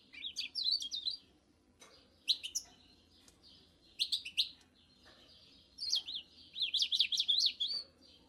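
Eurasian bullfinch song: short bursts of high, twittering chirps in quick warbled phrases, separated by pauses of a second or more.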